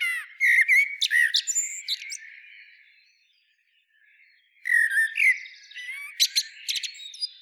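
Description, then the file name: Common blackbird song: a rich fluted phrase ending in a scratchy twitter, a short near-silent pause, then another warbled phrase with high chattering notes. "Turdus merula"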